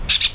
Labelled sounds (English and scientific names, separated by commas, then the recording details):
Brown-throated Parakeet (Eupsittula pertinax) contact call
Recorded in Venezuela
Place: PN Cerro Saroche, Tierras del Sr. Polo, Edo. Lara
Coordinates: 10.171, -69.518